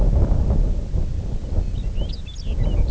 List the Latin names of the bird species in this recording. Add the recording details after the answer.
Calcarius lapponicus. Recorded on Arctic tundra, site IGLO-D, on 20 June 2018. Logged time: 16:00